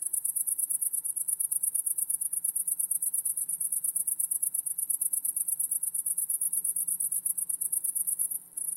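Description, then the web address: Cricket trill in fast high pulses over a soft low rumble, continuous until a brief drop near the end. Wide stereo recording. "lynne-publishing Crickets Wide Stereo"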